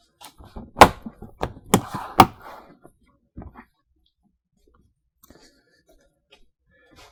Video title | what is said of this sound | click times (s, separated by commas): Rivian R1S / R1T (Builds approx. 2/23 and Earlier) - Dual 12V Battery Installation (Ohmmu) | You'll get it get it lined up and you'll hear some nice clicks letting you know you got it in place as you push down. | 0.8 s, 1.4 s, 1.7 s, 2.2 s